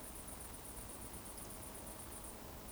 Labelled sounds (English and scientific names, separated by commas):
Eurasian Woodcock (Scolopax rusticola) whistle